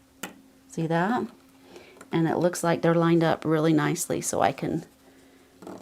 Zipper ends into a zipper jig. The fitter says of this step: So you can kind of hear it click.